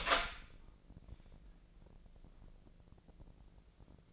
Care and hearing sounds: daily activity, microphone in the room; open door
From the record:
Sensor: 5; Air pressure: 1012.2 hPa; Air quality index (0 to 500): 159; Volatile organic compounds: 2 ppm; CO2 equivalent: 1087 ppm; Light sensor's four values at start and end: 222/540/226/246 and 225/549/229/251

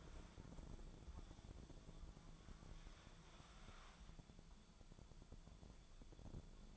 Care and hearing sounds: daily activity, microphone in the room; wipe stove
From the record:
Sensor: 5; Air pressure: 1015.2 hPa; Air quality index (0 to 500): 214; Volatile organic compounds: 12 ppm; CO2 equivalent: 2327 ppm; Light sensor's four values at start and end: 35/82/33/35 and 35/82/34/35

